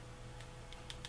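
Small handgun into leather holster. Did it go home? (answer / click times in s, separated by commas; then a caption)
no / none. A small handgun is pushed into the holster section of a finished leather knife-and-gun sheath, making faint handling noises with light ticks around 0.4, 0.7, 0.9 and 1.1 seconds over a low steady hum. The gun has not snapped or seated in the leather holster yet.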